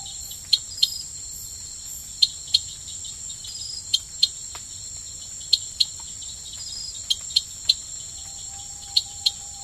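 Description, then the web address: Eleutherodactylus variabilis frog calls: sharp, high clicks, mostly in pairs, repeated throughout over a steady, dense buzzing insect chorus. Recorded in the Ecuadorian Amazon, South America. "Natures Songs. Frogs of Ecuadorian Amazon Eleutherodactylus variabilis"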